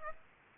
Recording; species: mosquito wingbeat signal from an infrared sensor; Aedes aegypti